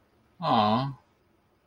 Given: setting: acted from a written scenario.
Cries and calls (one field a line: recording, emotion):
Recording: vocal sound without words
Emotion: sympathy